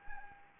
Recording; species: mosquito wingbeat signal from an infrared sensor; Anopheles gambiae